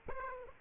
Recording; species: mosquito wingbeat signal from an infrared sensor; Aedes aegypti